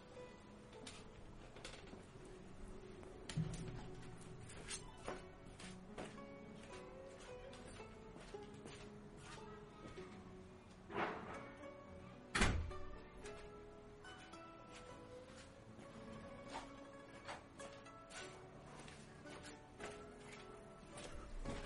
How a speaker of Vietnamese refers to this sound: Đợi mình chút, bên ngoài đang ồn quá, mình ra đóng cửa lại.